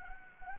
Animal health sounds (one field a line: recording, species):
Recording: mosquito wingbeat signal from an infrared sensor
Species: Anopheles gambiae